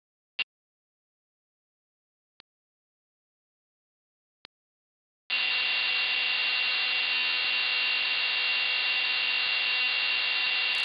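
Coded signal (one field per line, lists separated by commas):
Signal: computer data on cassette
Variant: MSX home computer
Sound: three isolated clicks, then a continuous high-pitched tone buried in loud harsh hiss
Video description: I've included the tediously long cassette loading sequence, so you can get a feel for the horrible experience that comes with having to load games from cassettes on the MSX homecomputer.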